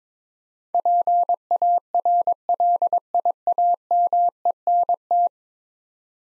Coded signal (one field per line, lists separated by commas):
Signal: Morse code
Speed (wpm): 22 wpm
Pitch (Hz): 700 Hz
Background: none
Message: PARLIAMENT